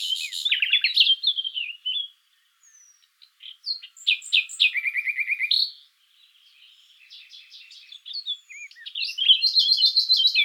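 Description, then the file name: Common nightingale singing varied phrases: rich chirps, a fast stuttering trill, brief silences and high rattling notes at the end. "Luscinia megarhynchos"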